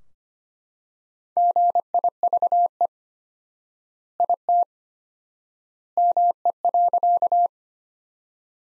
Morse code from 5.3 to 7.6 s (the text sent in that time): ME.